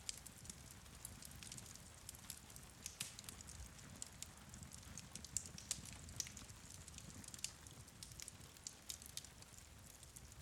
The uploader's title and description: Rainy Vermont Bed and Breakfast. Cozy fire and rain ambience